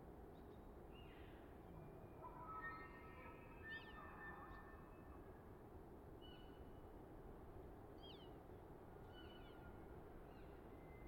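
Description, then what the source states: Elk calls, faint sustained whistled tones with overtones, followed by several short squeals, over a constant low background hiss. Bull elk bugling far off, softened by hillside and forest reverberation; herd constantly on the move; Colockum Wildlife Area, last week before firearm hunting season.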